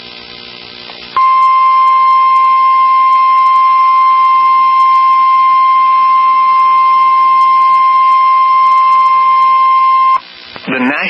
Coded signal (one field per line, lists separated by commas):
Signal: Emergency Alert System (SAME) tones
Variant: 1050 Hz attention tone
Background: speech